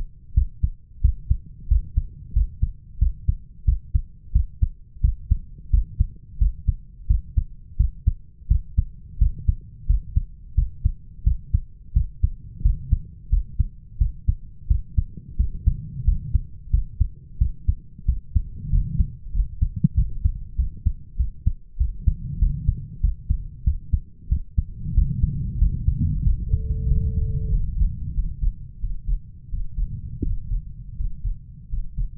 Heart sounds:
heart sounds by stethoscope; 90 bpm
0.36 s: heartbeat
1.03 s: heartbeat
1.70 s: heartbeat
2.35 s: heartbeat
3.01 s: heartbeat
3.67 s: heartbeat
4.35 s: heartbeat
5.03 s: heartbeat
5.73 s: heartbeat
6.40 s: heartbeat
7.09 s: heartbeat
7.79 s: heartbeat
8.50 s: heartbeat
9.21 s: heartbeat
9.89 s: heartbeat
10.57 s: heartbeat
11.26 s: heartbeat
11.95 s: heartbeat
12.64 s: heartbeat
13.32 s: heartbeat
14.00 s: heartbeat
14.70 s: heartbeat
15.39 s: heartbeat
16.07 s: heartbeat
16.73 s: heartbeat
17.40 s: heartbeat
18.08 s: heartbeat
18.72 s: heartbeat
19.34 s: heartbeat
19.97 s: heartbeat
20.58 s: heartbeat
21.19 s: heartbeat
21.80 s: heartbeat
22.41 s: heartbeat
23.03 s: heartbeat
23.66 s: heartbeat
24.31 s: heartbeat
24.96 s: heartbeat
25.61 s: heartbeat
26.25 s: heartbeat
26.90 s: heartbeat
27.53 s: heartbeat
28.16 s: heartbeat
28.82 s: heartbeat
29.52 s: heartbeat
30.25 s: heartbeat
30.99 s: heartbeat
31.72 s: heartbeat
From the record:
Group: healthy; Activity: rest 0-25 s, breath hold 25-32 s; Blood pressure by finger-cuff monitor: 135/84 mmHg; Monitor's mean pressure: 102 mmHg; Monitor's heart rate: 89 bpm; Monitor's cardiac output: 7.3 L/min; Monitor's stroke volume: 83 mL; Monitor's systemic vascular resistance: 1020 dyn s/cm5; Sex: male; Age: 21 years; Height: 175 cm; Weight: 72.6 kg

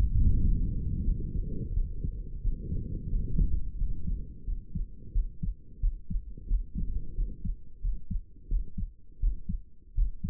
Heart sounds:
heart sounds by stethoscope; 88 bpm
0.34 s: heartbeat
1.04 s: heartbeat
1.73 s: heartbeat
2.41 s: heartbeat
3.09 s: heartbeat
3.77 s: heartbeat
4.45 s: heartbeat
5.12 s: heartbeat
5.80 s: heartbeat
6.47 s: heartbeat
7.14 s: heartbeat
7.81 s: heartbeat
8.48 s: heartbeat
9.19 s: heartbeat
9.94 s: heartbeat
From the record:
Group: healthy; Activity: rest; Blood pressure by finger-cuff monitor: 115/72 mmHg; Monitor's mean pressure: 77 mmHg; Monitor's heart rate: 88 bpm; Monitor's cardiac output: 7 L/min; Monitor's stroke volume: 80 mL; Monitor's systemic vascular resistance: 790 dyn s/cm5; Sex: male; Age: 35 years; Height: 180 cm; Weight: 86.9 kg

